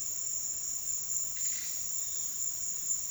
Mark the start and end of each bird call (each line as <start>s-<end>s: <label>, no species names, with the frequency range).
1.30s-1.72s: bird call (1.1-6.4 kHz)